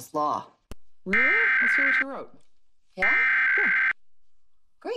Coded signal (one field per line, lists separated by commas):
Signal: Emergency Alert System (SAME) tones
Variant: header bursts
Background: speech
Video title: Various Emergency Alert System (EAS) Tests - Month of 12/2021